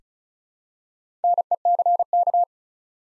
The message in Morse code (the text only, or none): NECK